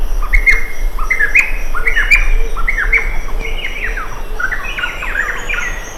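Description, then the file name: Varied honeyeater giving loud, rich whistled phrases, quick rising and falling notes repeated in a lively series, over a low hum. "Lich Vers"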